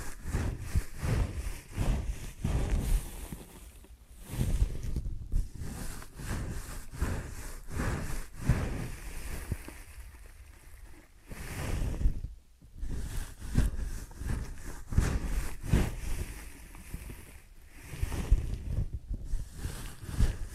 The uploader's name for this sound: Ear & Scalp Massage and Cleaning